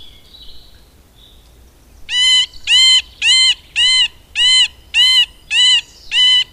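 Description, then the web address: Middle spotted woodpecker calls: a slow series of eight nasal, mewing quacks, each note drawn out and evenly spaced about every half-second. "agykontroll Madardalok Cd 1. Közép fakopáncs"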